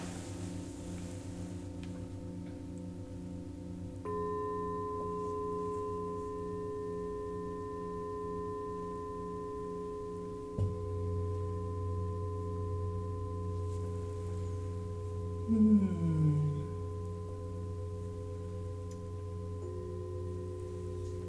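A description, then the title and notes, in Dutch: Singing bowls ring in long, overlapping tones with a slow, wavering beat low down. Fresh tones join near four seconds and again with a soft strike around ten seconds, deepening the hum. Near sixteen seconds one tone bends sharply downward before settling. Klankschalen.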